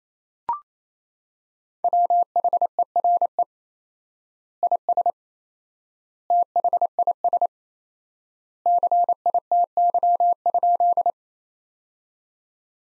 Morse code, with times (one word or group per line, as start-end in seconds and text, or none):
1.8-3.4 WHERE
4.6-5.1 IS
6.3-7.5 THIS
8.7-11.1 CITY?